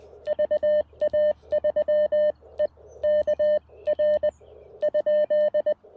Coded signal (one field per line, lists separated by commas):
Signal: Morse code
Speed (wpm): 20 wpm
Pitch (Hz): 590 Hz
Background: none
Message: VA3E KR ?